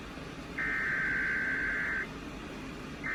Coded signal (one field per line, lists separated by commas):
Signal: Emergency Alert System (SAME) tones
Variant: header bursts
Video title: Rhode Island Amber Alert EAS #44